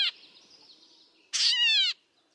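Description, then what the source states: Gray catbird call: a single nasal, mewing note lasting just over half a second, like a kitten's meow, after a brief sharp note at the start. Songbird found from Canada to Colombia; its call resembles a kitten's meow.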